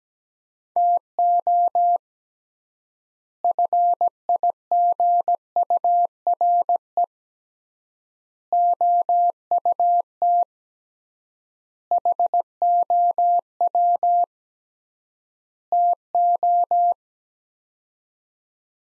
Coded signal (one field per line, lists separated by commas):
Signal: Morse code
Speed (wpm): 17 wpm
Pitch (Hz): 700 Hz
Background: none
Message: TO FIGURE OUT HOW TO